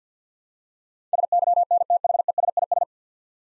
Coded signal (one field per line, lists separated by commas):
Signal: Morse code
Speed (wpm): 50 wpm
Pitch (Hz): 700 Hz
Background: none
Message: SYNTHESIS